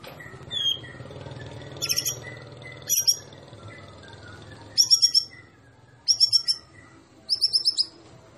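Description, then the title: White-rumped shama song: several short high trilled bursts, with softer chirps and a faint background hum between them. Masteran tutor recording of a champion white-rumped shama, made for training songbirds. "Masteran Murai Batu Juara"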